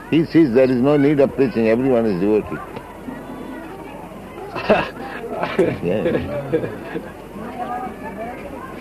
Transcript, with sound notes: He sees there is no need of preaching; everyone is devotee. [laughs] Yes.